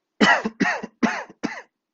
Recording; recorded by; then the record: voluntary cough; messaging app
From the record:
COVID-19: negative